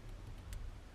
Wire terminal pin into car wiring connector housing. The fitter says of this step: sliding it up we took clicks in place right